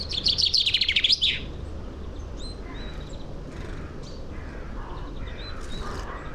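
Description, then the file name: Common chaffinch delivering a fast burst of high chirping notes for just over a second, followed by faint scattered bird notes over a low background hum. "Fringilla coelebs"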